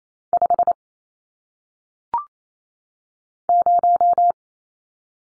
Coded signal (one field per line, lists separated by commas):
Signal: Morse code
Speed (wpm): 28 wpm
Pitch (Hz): 700 Hz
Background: none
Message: 5 0